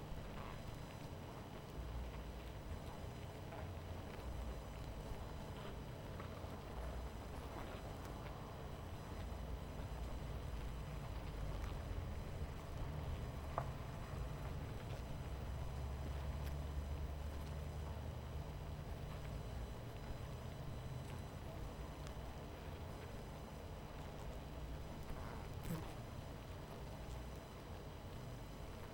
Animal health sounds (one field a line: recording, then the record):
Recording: honeybee colony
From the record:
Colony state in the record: missing queen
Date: 14 July 2017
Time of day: 23:08